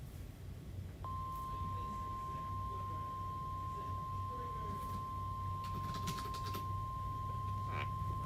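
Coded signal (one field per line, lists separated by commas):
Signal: Emergency Alert System (SAME) tones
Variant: 1050 Hz attention tone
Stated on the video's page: Real Hurricane Milton alerts, including hurricane and tornado warnings.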